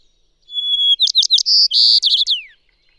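White-crowned sparrow singing: one sustained pure whistle, then rapid sharp notes, buzzy drawn-out phrases, and a closing jumble that slides downward; otherwise quiet.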